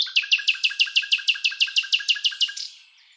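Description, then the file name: Common nightingale song: a rapid, even series of many loud, rich repeated notes, then fading into silence. "Luscinia megarhynchos"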